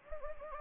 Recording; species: mosquito wingbeat signal from an infrared sensor; Anopheles gambiae